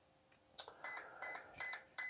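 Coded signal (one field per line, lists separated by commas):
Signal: beep code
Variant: RC car ESC motor beeps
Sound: four short, slightly buzzy electronic beeps, evenly spaced, each with a click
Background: small room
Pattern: 4 short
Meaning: The current parameter setting is value 4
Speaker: so as you can see it's beeping uh four times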